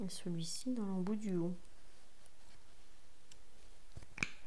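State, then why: Seated. Someone talks, then the two halves of a sewing press stud, placed in the upper and lower dies of setting pliers, are squeezed onto fabric. Faint ticks follow, then a sharp snap at 4.2 s as the snap fastener clips together and is seated.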